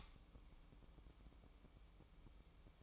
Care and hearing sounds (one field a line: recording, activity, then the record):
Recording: daily activity, microphone in the room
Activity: light on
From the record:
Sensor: 1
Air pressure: 1007.9 hPa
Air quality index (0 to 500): 119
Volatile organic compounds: 2 ppm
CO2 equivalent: 1009 ppm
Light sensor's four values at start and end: 12/28/11/13 and 16/46/18/20